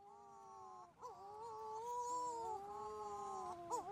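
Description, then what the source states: Wedge-tailed shearwater giving a soft, quavering moan that swells and dips, with a second voice sliding lower underneath in the second half. Wedge-tailed shearwaters calling, Western Australia.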